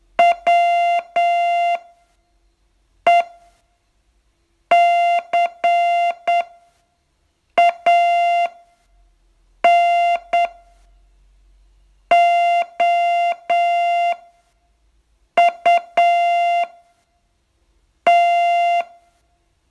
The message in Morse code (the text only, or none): WE CAN OUT